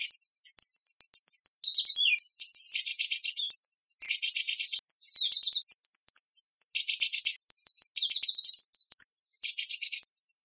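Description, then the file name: Hummingbird song alternating thin high twitters with dense buzzy bursts, with some lower slurred notes in between. "Ptichka kolibri - Penie"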